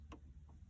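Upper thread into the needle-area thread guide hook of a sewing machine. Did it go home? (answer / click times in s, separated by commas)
yes / 0.1 s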